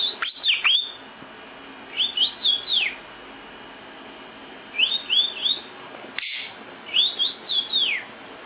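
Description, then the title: Lovebird song: short bursts of three or four squeaky rising-and-falling high notes, repeated every two to three seconds. National champion lovebird with a full, constant song (gacor). "Burung Lovebird Juara Nasional Full Isian Gacor"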